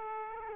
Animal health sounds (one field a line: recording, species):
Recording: mosquito wingbeat signal from an infrared sensor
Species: Aedes aegypti